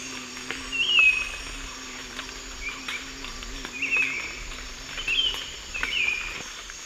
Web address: Natures Songs S America Eastern Lowlands. Saltator maximus, song